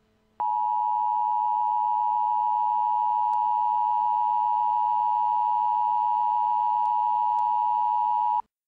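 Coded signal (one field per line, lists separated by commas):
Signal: Emergency Alert System (SAME) tones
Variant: 853 and 960 Hz attention tone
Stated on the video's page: Simulated blizzard warning alert for South Bend, made as a realistic or extreme EAS scenario.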